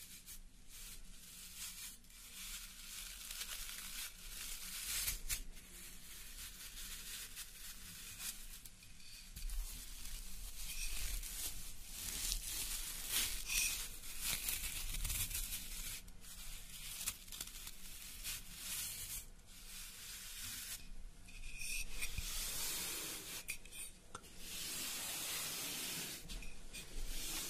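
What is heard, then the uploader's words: Hair being rolled and rubbed between fingers makes a dense, crackling hiss that runs nonstop for the whole stretch. The texture is bright and scratchy, swelling in short, irregular surges every second or two, with a few louder gusts of rustle around 15 and 22 seconds. Hair roll.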